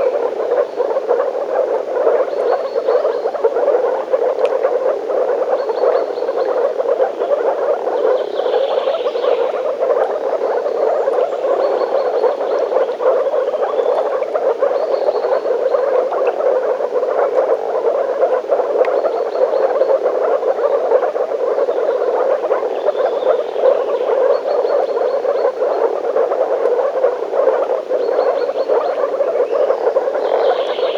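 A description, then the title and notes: A dense chorus of frogs croaks without pause for the whole half minute, a thick mid-pitched mass of overlapping calls. Higher, shorter chirps break through repeatedly every few seconds, and the level stays even throughout with no low rumble beneath. Лягушки (frogs in the forest).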